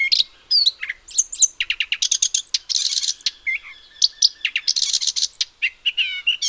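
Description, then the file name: Eurasian blackcap song, loud bursts of varied chirps, trills and clear whistled notes in quick succession. "Sylvia atricapilla"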